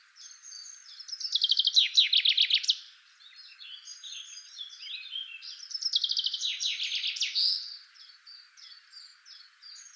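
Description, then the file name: Common chaffinch song: two bright, descending rattling phrases ending in a brief flourish, about four seconds apart, with softer chirps between them. "Fringilla coelebs"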